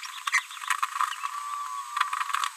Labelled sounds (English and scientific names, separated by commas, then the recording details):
Green-rumped Parrotlet (Forpus passerinus) babbling
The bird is a female
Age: 30 days
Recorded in a nest box in Venezuela
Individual 17B73B3